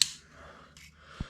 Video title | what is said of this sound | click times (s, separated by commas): Parts 67-70: Iron Man Mark III Hip & Pelvis Build - Bonus Gift Included | so you heard that click so that's slightly into place now i | 0.0 s